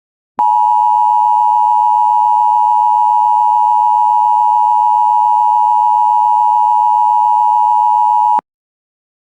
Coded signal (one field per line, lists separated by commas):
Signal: Emergency Alert System (SAME) tones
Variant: 853 and 960 Hz attention tone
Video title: Qurtuple Hearder EAS #222-225 2 Tornado Warnings 1 Flash Flood Warning And Weekly Test On WJON-IP